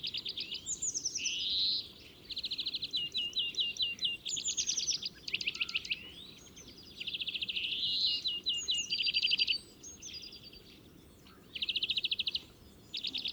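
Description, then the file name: European greenfinch song, lively mix of rattling trills, twittered notes and buzzy wheezes, delivered in long phrases with short gaps. "Chloris chloris"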